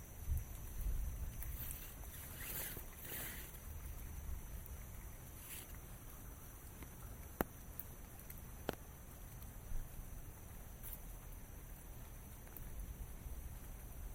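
Rain falls in a steady, dense hiss over a low rumble, with occasional brief splashes and two sharp taps near the middle.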